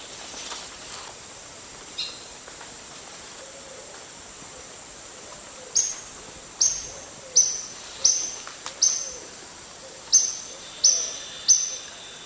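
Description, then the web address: Spotted tody-flycatcher: a few faint notes, then a run of high, sharp notes coming singly, roughly one a second. Eastern lowlands of South America. "Natures Songs S America Eastern Lowlands. Spotted Tody-Flycatcher"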